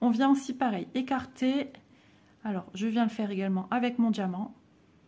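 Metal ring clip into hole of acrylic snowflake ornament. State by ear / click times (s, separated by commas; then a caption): not seated / none. A small metal ring clip holding a diamond/crystal pendant is spread open, ready to be pushed into the small hole of an acrylic snowflake ornament. Someone talks throughout, with a quiet pause in the middle. Nothing has seated or clicked yet.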